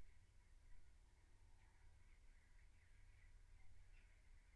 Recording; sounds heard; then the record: poultry house recording; no chicken sound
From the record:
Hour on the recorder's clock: 15